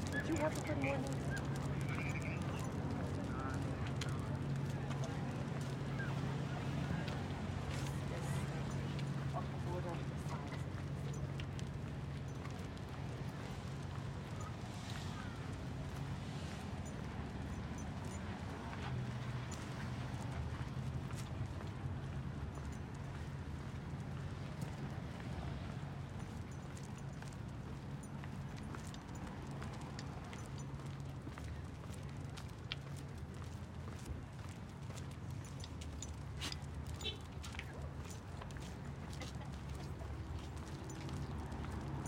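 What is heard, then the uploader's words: People mill about at an outdoor farmers market, a steady blur of many voices talking. A low hum sits underneath throughout, with scattered clicks, knocks and footsteps, and occasional brighter clatters around the middle and near the end. Saturday morning at the Uptown Farmers Market in Phoenix, Arizona. The sun was out, but not too warm. The breeze slightly blowing, just enough to cool the exposed skin on my arms and legs. You’ll hear lots of people mulling about, shopping and eating.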